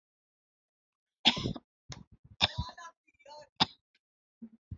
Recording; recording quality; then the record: heavy voluntary cough; moderate, slight background noise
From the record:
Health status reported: healthy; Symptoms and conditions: none ticked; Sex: female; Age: 22 years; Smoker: not ticked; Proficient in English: yes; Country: India